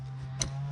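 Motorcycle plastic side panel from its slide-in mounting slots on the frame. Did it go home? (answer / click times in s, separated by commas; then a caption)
released / 0.4 s. The plastic side panel of a 2022 KLX230S ABS motorcycle is removed: its tab is pulled out a little and the panel is slid up so its slide connectors come out of their mounting slots on the frame. A single sharp tick is heard at 0.4 s over a steady low hum as the panel comes free. The panel is released.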